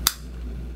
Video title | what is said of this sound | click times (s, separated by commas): Kit by Livio Radio: How to Release the Gooseneck | press up and you'll hear a snap | 0.1 s